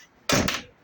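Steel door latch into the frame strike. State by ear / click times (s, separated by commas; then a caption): seated / 0.3 s. A steel door, shortened in a repair, is closed to test it, and its latch catches in the frame strike with a sharp click at 0.3 s. A second, softer knock follows at about 0.5 s. The door now shuts properly and the latch is seated.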